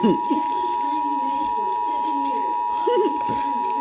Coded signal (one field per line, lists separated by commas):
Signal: Emergency Alert System (SAME) tones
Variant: 853 and 960 Hz attention tone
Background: speech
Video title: EAS #80 Child Abduction Emergency